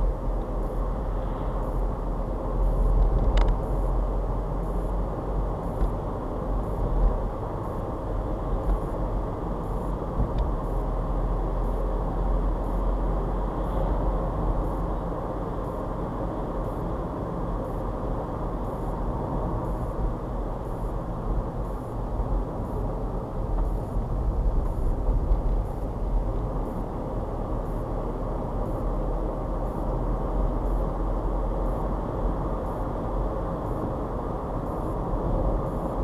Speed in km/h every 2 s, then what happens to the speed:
42, 44, 48, 50, 52, 52, 55, 56, 56, 53, 50, 47, 45, 45, 50, 53, 58, 58.
0-13 speeds up to 56. 13-26 slows to 45. 26-32 speeds up to 58.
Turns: none.